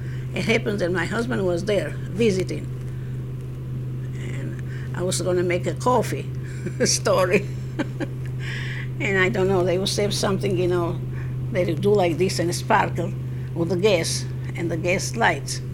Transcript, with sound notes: It happened that my husband was there visiting. And I was going to make coffee. (she laughs) Story. And I don't know, they were saying something, you know, they do like this and a sparkle with the gas, and the gas lights.